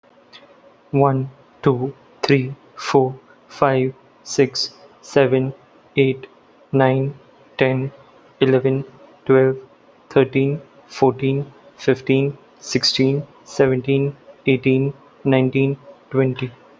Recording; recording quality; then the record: counting at a normal pace; excellent, no background noise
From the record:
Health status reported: healthy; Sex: male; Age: 28 years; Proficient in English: yes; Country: India